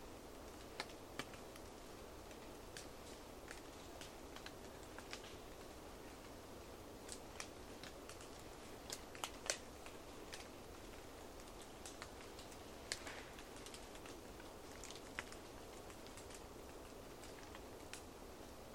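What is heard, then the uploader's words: Roosevelt elk move through a forest glade over a steady, soft hiss. Short sharp snaps and clicks, like twigs cracking underfoot, come irregularly throughout and cluster around seven to ten seconds and again near thirteen to sixteen seconds. A long soundscape across Dawn in the Queets River Valley rainforest of the Olympic National Park. A small herd of Roosevelt Elk walks in from a distance, though a small forest glade, an away towards the Queets River bed. Distant traffic is funneled up the Valley.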